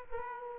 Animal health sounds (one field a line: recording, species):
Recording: mosquito wingbeat signal from an infrared sensor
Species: Aedes aegypti